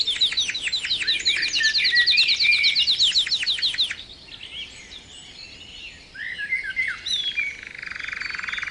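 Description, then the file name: Canary song opening with a quick run of repeated sweeping notes, then softer twitters and a buzzy rolling trill at the end. Canary 'terapi' (therapy) song recording, intended for training birds. "kenari terapi omkicau"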